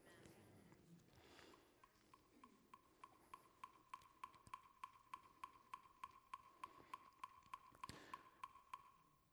That's 200 beats a minute. 200 heartbeats a minute, that's what it sounds like. It's really fast.